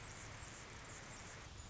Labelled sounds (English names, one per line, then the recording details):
Anna's Hummingbird
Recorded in Sonoma County, California